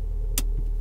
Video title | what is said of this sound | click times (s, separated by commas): Mazda2 - Rear Brake Adjustment | one click well | 0.4 s